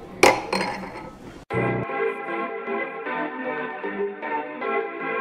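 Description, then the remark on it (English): Glasses clink together in a toast, with a few bright, sharp taps followed by a sustained, shimmering ring that hangs on for several seconds. No one speaks. “Cheers, boo.”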